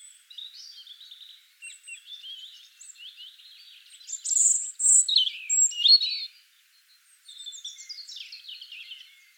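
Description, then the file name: European robin song: quiet rambling high phrases building to loud twittering bursts and sliding whistles, a brief pause, then soft warbling resumes. "Erithacus rubecula"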